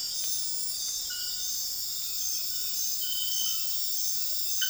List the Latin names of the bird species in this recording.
none